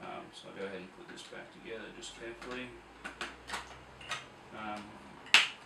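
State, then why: Seated. After washing, the filter assembly of a Dyson DC35 Animal cordless vacuum is put back together and pushed into the vacuum body while someone talks, with a few soft plastic handling taps along the way. A single sharp plastic click at 5.3 s shows the washable filter seating back in place.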